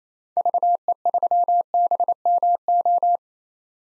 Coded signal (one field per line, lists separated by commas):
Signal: Morse code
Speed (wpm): 28 wpm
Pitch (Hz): 700 Hz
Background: none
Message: VE3BMO